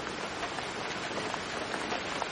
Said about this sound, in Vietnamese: Tiếng mưa trên lá chuối tây lập tức trở nên rõ ràng.